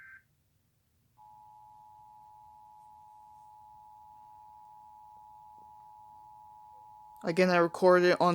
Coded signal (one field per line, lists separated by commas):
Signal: Emergency Alert System (SAME) tones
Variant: 853 and 960 Hz attention tone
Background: speech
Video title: EAS #1 required monthly test June 2020 part 1